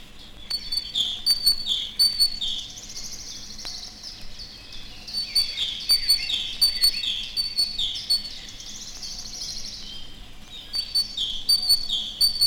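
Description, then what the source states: Great tit calls: bright, ringing high chirps in quick runs, a burst early, a longer busy stretch midway, then more near the end over faint background hiss. Several different calls of the species presented; voice described as very ringing, the bird as seldom silent.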